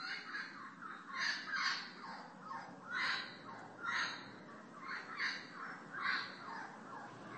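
Bird cawing in rough, grating calls that come in a steady series, some doubled, with faint hiss underneath.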